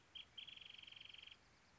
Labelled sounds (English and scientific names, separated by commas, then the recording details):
Wrentit (Chamaea fasciata)
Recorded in Sonoma County, California